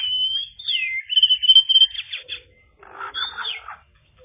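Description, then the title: Java sparrow song of high, drawn-out whistles followed by a fast series of ticking notes, then a rougher, chattering phrase. "kicau gelatik"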